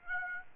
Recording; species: mosquito wingbeat signal from an infrared sensor; Aedes aegypti